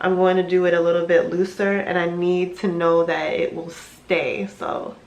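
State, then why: Not seated. A twisted loc is being wrapped on a foam hair roller whose plastic clip will snap closed to hold it. Someone talks throughout, with no distinct handling sounds. The plastic clip has not yet clicked shut over the foam roller, and nothing has seated.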